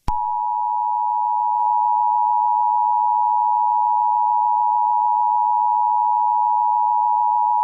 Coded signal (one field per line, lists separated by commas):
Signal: Emergency Alert System (SAME) tones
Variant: 853 and 960 Hz attention tone